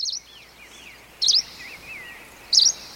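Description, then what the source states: Greenish warbler song: three short, loud, high squeaky bursts about 1.3 seconds apart, with softer, lower wavering notes in the background between them. Eastern subspecies, ranging from the Pacific to the Yenisei; its song evolved differently from the song heard in Central Russia; meets western birds in Krasnoyarsk Krai, where they interbreed and borrow song elements.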